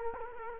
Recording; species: mosquito wingbeat signal from an infrared sensor; Culex quinquefasciatus